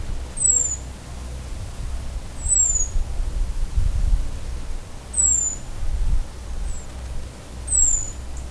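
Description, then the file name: European robin giving thin, very high, slightly descending whistled calls, about four, roughly every two to three seconds, over a steady low rumble. "Erithacus rubecula"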